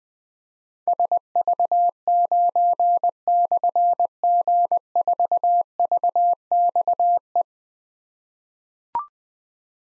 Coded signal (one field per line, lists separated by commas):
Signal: Morse code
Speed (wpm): 20 wpm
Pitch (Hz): 700 Hz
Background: none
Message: SV9/G4VXE